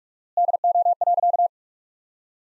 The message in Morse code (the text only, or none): DO.